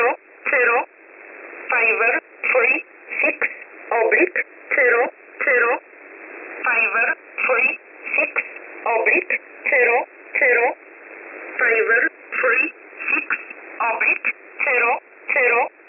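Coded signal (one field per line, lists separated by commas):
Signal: numbers station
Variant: E11 Oblique, English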